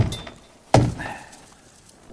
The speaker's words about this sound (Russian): Сторож рубит топором беседку.